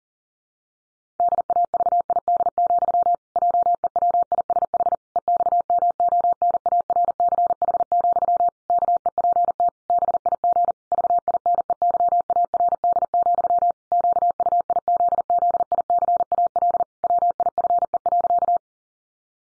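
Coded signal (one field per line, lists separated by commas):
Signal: Morse code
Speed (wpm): 40 wpm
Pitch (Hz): 700 Hz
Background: none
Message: DAVID, JEWISH EXMONARCH, KEPT BIG VINEYARD, QUIZZICAL WIFE.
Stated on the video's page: Morse pangram practice at 40 wpm, each pangram sent twice.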